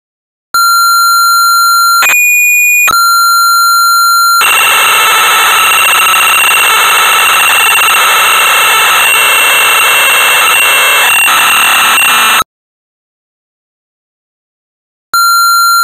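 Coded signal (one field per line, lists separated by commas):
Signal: computer data on cassette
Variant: Amstrad CPC 464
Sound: steady high pilot tone, short breaks, then about 8 seconds of harsh buzzing data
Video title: Sabre Wulf (1985) - Amstrad CPC 464 (Full Tape Rip / Cassette Load)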